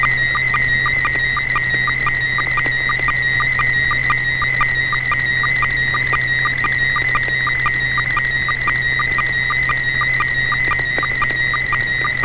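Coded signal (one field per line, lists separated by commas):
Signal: SSTV (slow-scan television)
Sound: steady high warbling tone around 2 kHz broken by quick regular lower clicks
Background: low electrical hum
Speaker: all right so bob if you're ready with a photo would you go right ahead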